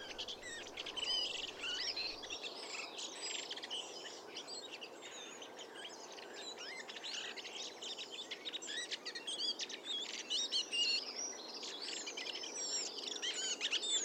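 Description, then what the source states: Redwing subsong and chatter: a dense, continuous scratchy warbling of quick squeaky and rasping notes, seemingly from several birds, over a steady background hiss. Several birds; chatter and subsong, described as a strange warbling, scratchy sound.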